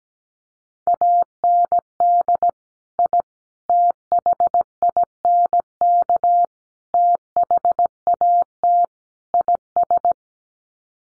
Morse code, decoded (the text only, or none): AND I THINK THAT IS